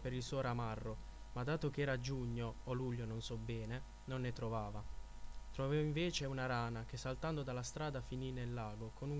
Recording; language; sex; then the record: read passage; Italian; male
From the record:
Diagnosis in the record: healthy control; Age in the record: 24 years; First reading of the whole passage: 44 s, 11.7 characters per second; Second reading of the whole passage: 43 s, 11.9 characters per second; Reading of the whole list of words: 49 s, 5.7 characters per second